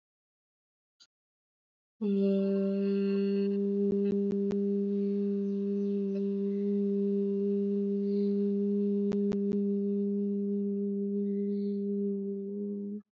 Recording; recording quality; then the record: sustained vowel as in boot; excellent, no background noise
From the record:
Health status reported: exposed to COVID-19, no respiratory illness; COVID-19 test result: negative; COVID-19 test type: RT-PCR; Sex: female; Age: 22 years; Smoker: no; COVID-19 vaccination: one dose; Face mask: not worn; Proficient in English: yes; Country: India